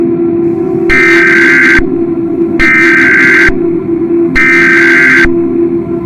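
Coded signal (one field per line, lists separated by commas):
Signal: Emergency Alert System (SAME) tones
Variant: header bursts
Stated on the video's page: Fictional analog horror EAS scenario, made with software.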